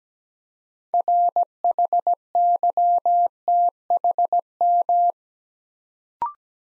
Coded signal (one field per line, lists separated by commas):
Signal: Morse code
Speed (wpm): 17 wpm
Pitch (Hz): 700 Hz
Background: none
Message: RHYTHM